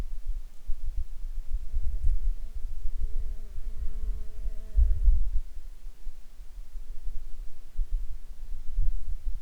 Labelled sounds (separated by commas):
insects